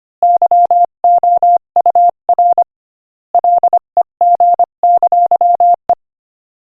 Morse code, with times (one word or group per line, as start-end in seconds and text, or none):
0.2-2.6 YOUR
3.3-5.9 LEG!E